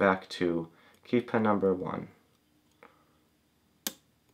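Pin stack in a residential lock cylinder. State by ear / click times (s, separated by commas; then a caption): seated / 3.9 s. Someone talks while picking a residential pin-tumbler lock cylinder under light tension with an all-in-one pick and decoder, lifting pin one back up. A faint tick comes at 2.8 s, then a sharp, clear click at 3.9 s as the pin sets at the shear line and feels set.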